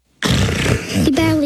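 An adult man snoring loudly, acted, in a scene about sleep apnea.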